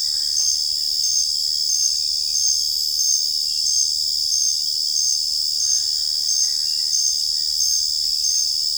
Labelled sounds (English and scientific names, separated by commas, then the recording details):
none
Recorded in secondary vegetation near Puerto Asís, Putumayo, Colombia, on 20 December 2024 at 22:30
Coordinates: 0.484, -76.319
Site GP06